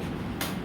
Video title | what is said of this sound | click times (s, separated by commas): BU CU VVPAT connection Control Unit Ballot Unit VVPAT Connections 21/10/2024 | त्याचा एक cut असा आवाज | 0.4 s